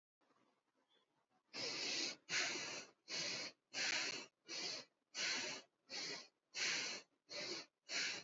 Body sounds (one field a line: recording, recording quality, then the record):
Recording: shallow breathing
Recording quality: excellent, no background noise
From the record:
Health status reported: exposed to COVID-19, no respiratory illness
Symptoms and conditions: none ticked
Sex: female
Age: 22 years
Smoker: not ticked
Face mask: worn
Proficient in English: yes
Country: India